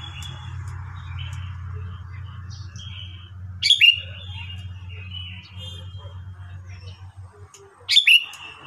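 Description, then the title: Sooty-headed bulbul with two short, sharp warbled phrases about four seconds apart over a steady low hum and faint chirps. "Kutilang"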